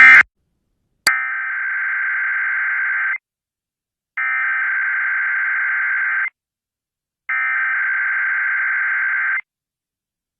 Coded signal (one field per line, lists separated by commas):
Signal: Emergency Alert System (SAME) tones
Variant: header bursts